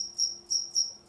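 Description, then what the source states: Cricket chirp, three short, shrill high-pitched pulses in quick succession over a faint steady hum. A single cricket.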